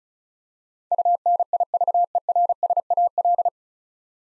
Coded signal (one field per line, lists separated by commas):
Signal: Morse code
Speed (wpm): 34 wpm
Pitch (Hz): 700 Hz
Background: none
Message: UNIVERSAL